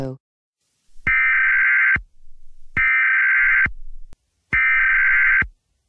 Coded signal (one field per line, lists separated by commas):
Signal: Emergency Alert System (SAME) tones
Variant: header bursts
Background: speech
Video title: What if the DDoS Attack had an EAS Alert about it?